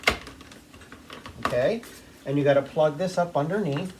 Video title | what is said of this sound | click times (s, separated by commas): Zero G Review and mess test. | match it on the arrow here and it clicks right in | 0.1 s